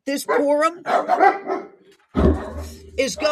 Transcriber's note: dog barking